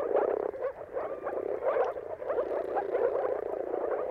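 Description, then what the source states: Moor frogs calling en masse, a pulsing, watery bubbling of short low notes swelling and fading in waves. Moor frogs giving mating calls in a dawn chorus at sunrise, at the turn of March and April depending on the weather; recorded by Jakub Orzecki.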